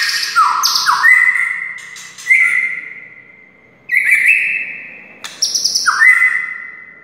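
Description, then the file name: White-rumped shama song of sliding, drawn-out whistles, the rich phrases returning roughly every two seconds with quieter gaps between. Wild white-rumped shama (murai hutan). "suara murai hutan asli"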